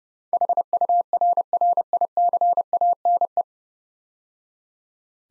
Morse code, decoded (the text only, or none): HURRICANE